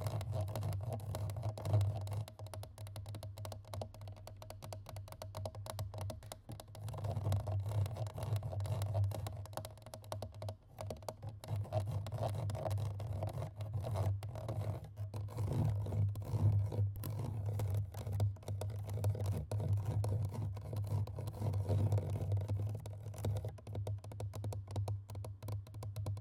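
Fast, aggressive scratching and tapping on a microphone runs the whole time, a dense, rough rustle full of quick clicks and scrapes. A heavy low rumble sits underneath throughout, swelling in stronger bursts around the middle and again near the end.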